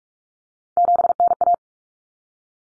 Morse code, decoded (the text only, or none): 7NA